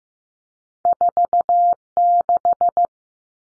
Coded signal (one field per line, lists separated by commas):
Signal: Morse code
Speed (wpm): 15 wpm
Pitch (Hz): 700 Hz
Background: none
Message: 46